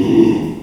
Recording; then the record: squeal of a Yucatan mini pig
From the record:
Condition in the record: after surgery on the right vocal fold (resection and tissue-engineered implant); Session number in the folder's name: 1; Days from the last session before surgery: 6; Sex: male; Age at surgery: 12 weeks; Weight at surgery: 13 kg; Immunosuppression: cyclosporine, prednisolone